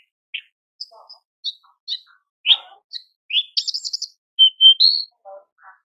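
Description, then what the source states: Horsfield's bush lark song: scattered high chirps and short buzzy notes with brief gaps, then a quick run of trilled phrases and a clear sustained whistle, followed by a few soft lower notes. Masteran tutor recording for training caged birds; described as super gacor, singing persistently.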